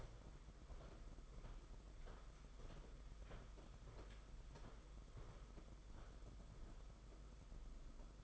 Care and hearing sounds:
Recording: daily activity, microphone in the room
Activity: walk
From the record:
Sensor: 5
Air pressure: 991.8 hPa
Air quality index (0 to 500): 150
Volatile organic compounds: 187 ppm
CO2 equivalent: 4168 ppm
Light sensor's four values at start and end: 32/108/40/43 and 32/108/40/43

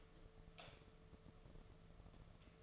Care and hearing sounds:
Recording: daily activity, microphone in the room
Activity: light off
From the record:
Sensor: 4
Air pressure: 1015.6 hPa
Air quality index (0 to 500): 185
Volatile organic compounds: 9 ppm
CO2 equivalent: 2132 ppm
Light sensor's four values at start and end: 14/33/13/13 and 13/30/12/12

